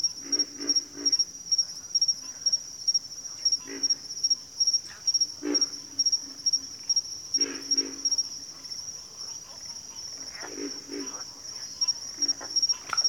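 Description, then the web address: Pig frog grunting in low, rough bursts, some in quick triplets, with a persistent high pulsing cricket behind. "Sleep Sounds of Nature. Pig Frogs"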